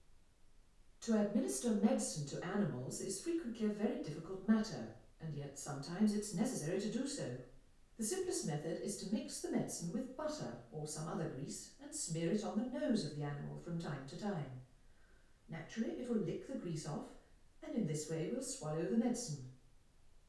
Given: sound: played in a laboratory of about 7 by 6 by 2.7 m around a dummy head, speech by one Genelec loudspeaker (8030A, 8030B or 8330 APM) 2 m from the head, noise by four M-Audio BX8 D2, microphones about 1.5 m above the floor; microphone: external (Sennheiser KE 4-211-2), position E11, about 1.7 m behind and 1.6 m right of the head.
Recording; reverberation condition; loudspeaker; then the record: female speech in English; medium; 30 degrees to the right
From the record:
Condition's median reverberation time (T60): about 510 ms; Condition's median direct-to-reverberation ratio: about -0.5 dB